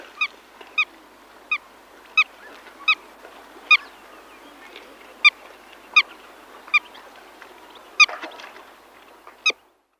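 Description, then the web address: Black-tailed godwit repeating a sharp nasal call about a dozen times at somewhat uneven intervals. "Schulze Peter Black-tailed Godwit calls"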